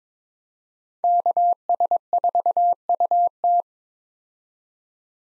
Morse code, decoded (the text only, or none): KS4UT